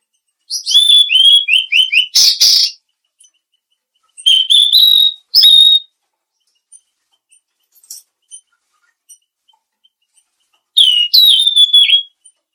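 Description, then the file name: Mangrove blue flycatcher with a rapid series of short, high whistled notes, a harsh burst, then brief phrases and a final phrase of slurred whistles after a long quiet stretch. "suara burung tledekan laut"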